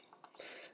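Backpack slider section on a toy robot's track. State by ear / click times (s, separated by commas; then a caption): seated / 0.2 s. The backpack slider section of a plastic transforming toy robot is slid back down its track, with small plastic ticks at about 0.1 s and a sharper click at 0.2 s. The slider seats and locks back into place at 0.2 s, followed by a longer rustling scrape.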